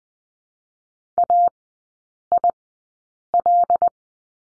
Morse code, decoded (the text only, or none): AIL